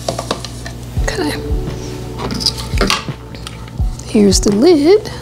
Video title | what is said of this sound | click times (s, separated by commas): Lemon Sugar Cookie Heaven in the Ninja Creami Deluxe | certain way see how it locked you hear that click | 0.3 s